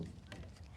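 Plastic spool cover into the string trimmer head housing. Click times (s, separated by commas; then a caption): 0.3 s. The plastic spool cover of a Toro 60V string trimmer head, with its tabs lined up on the inside, is pushed down into the head housing. It snaps into place at 0.3 s, a short, sharp click over a low background rumble, with fainter ticks around it. The cover is seated.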